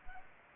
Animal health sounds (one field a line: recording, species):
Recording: mosquito wingbeat signal from an infrared sensor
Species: Aedes aegypti